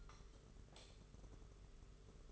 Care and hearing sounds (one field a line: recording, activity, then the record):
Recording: daily activity, microphone in the room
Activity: light off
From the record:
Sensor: 4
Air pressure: 991.8 hPa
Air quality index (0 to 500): 98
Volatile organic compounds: 11 ppm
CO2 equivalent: 2288 ppm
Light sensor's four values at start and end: 9/25/9/11 and 7/16/6/6